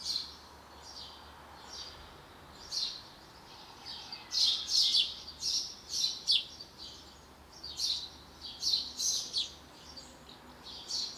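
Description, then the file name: House sparrow chirping, repeated short notes at uneven intervals, growing busier midway. "Passer domesticus"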